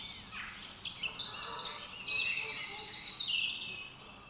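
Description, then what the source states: A songbird delivering a continuous twittering warble of high, varied notes for about three seconds, over a steady low background hum. Song recorded in the UK.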